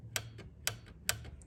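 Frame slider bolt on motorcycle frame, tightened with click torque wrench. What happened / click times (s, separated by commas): Click-type torque wrench clicks at setting / 1.1 s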